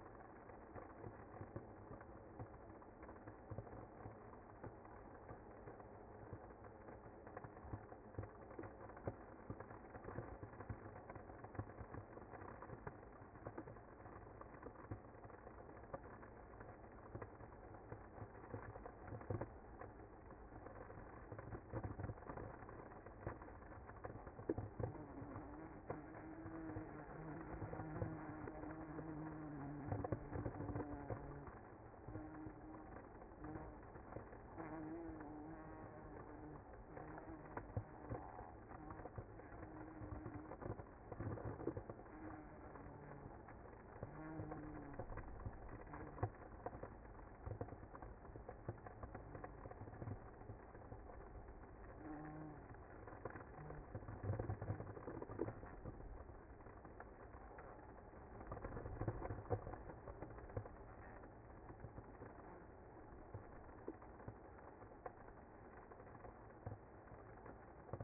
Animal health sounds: honeybee colony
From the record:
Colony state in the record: active

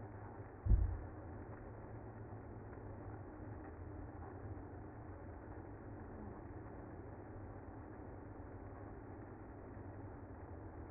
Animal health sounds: honeybee colony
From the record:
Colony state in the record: active

